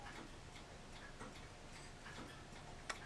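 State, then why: Seated. A small plastic model ship part, apparently the periscope assembly, is pressed into its mount on the hull over faint, steady low-level handling noise. A single sharp click at 2.9 s marks the part locking into place.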